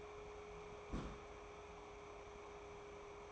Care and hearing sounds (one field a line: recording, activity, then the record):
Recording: daily activity, microphone in the room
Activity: place on stove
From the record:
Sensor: 1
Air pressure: 1010.3 hPa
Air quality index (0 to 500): 171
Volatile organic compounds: 12 ppm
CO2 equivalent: 2363 ppm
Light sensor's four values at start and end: 56/143/59/75 and 56/144/60/75